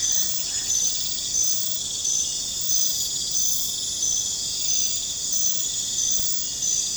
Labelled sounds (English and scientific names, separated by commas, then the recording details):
none
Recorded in pastures near Puerto Asís, Putumayo, Colombia, on 21 December 2024 at 23:30
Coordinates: 0.466, -76.322
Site G040